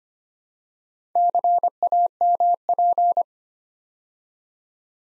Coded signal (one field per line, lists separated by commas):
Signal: Morse code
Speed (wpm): 25 wpm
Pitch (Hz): 700 Hz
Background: none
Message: CAMP